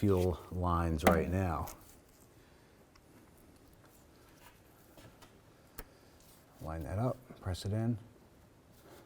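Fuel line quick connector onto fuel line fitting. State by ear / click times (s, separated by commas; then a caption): not seated / none. Someone talks while a fuel line quick-connect fitting is lined up and pressed onto its mating fuel line fitting under a 2005-10 Jeep Grand Cherokee. Between the talking come faint handling sounds and a brief sharp tick near 5.8 s. The connector has not seated or clicked into place yet.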